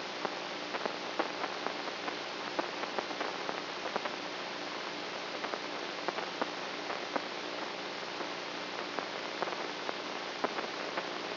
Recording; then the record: brain microelectrode recording played as sound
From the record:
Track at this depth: inside the subthalamic nucleus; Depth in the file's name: 4.501 mm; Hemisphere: right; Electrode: 3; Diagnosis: Parkinson's disease